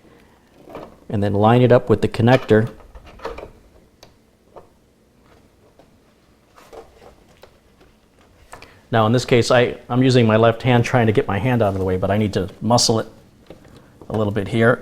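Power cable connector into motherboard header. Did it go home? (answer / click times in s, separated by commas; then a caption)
no / none. A power cable connector is lined up with its motherboard header and worked into place by hand, with light scraping and plastic handling taps between stretches of someone talking. It needs to be muscled a little, but nothing has seated or clicked yet in this clip.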